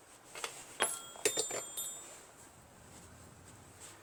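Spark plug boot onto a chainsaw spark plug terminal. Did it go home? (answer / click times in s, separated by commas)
no / none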